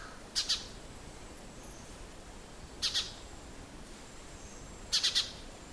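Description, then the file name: House sparrow chirps in three short bursts of two or three sharp notes, a few seconds apart, over a steady soft hiss. "Passer domesticus"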